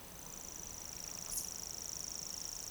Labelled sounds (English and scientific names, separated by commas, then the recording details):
Eurasian Woodcock (Scolopax rusticola) whistle
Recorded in Baden-Württemberg, Germany, on 25 June 2020 at 19:48 UTC
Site 43791, 788 m above sea level